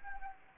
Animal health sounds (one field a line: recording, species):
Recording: mosquito wingbeat signal from an infrared sensor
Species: Anopheles arabiensis